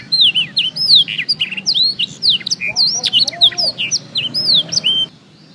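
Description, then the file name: Black-throated canary singing a rapid, continuous stream of high whistled notes that sweep up and down, with trills and short chirps, ending abruptly near five seconds. "audio kenari new obelix jr full blackthroat"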